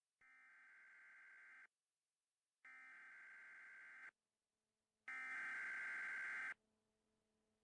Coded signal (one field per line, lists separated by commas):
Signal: Emergency Alert System (SAME) tones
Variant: header bursts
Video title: Hylian EAS Namaria Terrorist Scenario